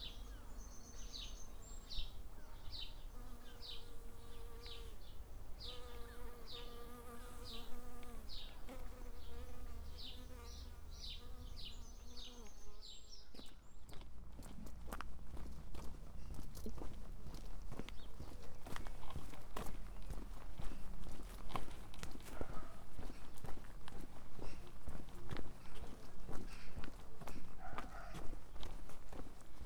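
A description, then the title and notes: A walk along the East Devon Way. For the first dozen seconds a steady buzzing insect hums under quick, repeated bird chirps. Then footsteps take over, a dense run of crunching steps continuing to the end with a low rumble beneath. Today's walk is from Woodbury Castle to Exmouth along the East Devon Way.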